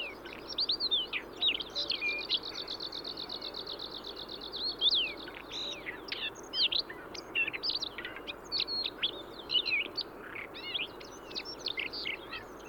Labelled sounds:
Siberian Rubythroat song

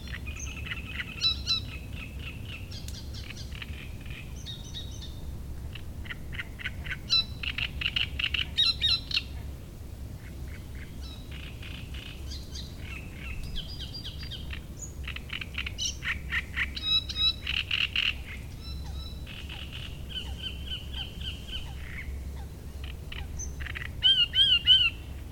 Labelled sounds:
Great Reed Warbler

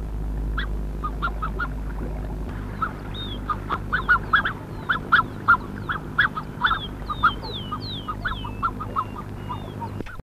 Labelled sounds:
Black-necked Swan call

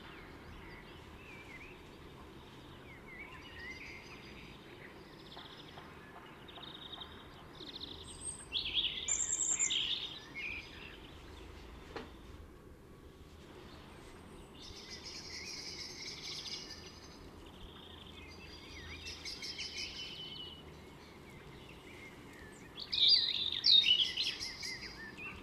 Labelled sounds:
European Robin song

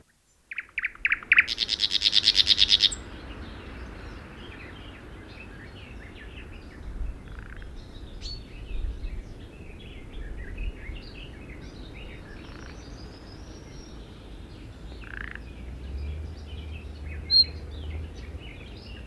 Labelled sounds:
Thrush Nightingale

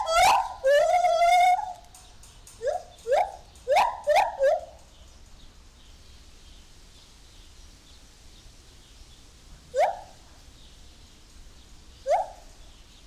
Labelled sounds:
Lar Gibbon

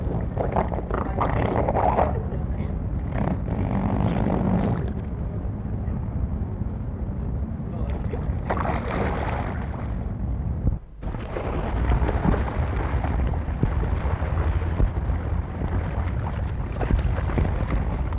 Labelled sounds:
Harbor Seal

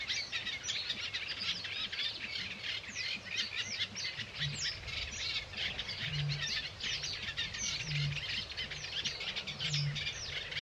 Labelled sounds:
Eurasian Reed Warbler song

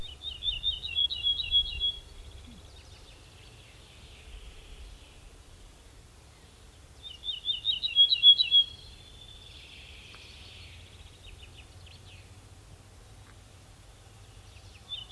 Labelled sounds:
Ortolan Bunting song

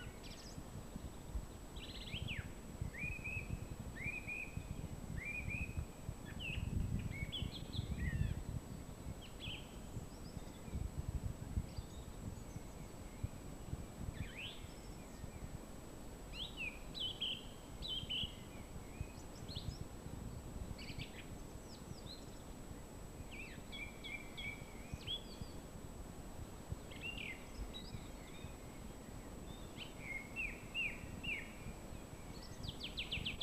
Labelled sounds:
Song Thrush song

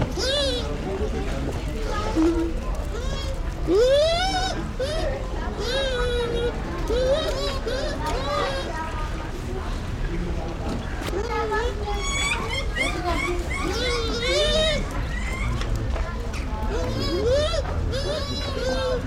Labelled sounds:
Bush Dog

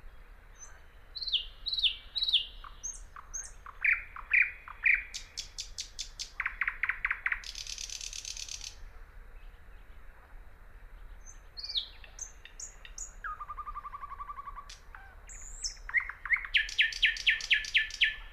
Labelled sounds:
Thrush Nightingale song

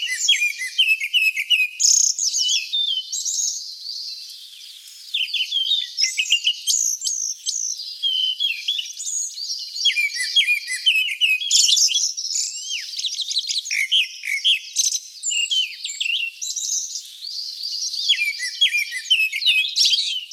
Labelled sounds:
Grey-backed Thrush song

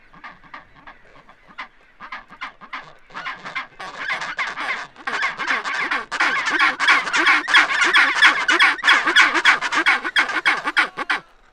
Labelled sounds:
Chinstrap Penguin call

